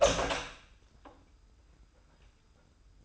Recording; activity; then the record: daily activity, microphone in the room; open door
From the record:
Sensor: 2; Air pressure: 990.2 hPa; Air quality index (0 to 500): 181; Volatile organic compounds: 1000 ppm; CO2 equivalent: 5729 ppm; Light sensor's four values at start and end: 35/81/33/33 and 34/81/33/33